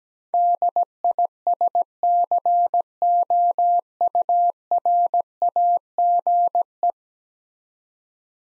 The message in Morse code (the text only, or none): DISCOURAGE